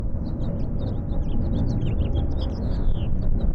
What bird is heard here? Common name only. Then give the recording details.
House Finch. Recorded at Neponsit on Long Island, New York, on 4 June 1975. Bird C